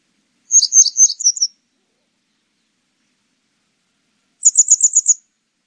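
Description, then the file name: Grey wagtail calling with two quick series of thin, high, sharp notes. "노랑할미새"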